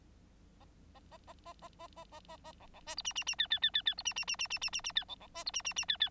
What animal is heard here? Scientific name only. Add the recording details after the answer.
Lonchura striata domestica. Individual Bird9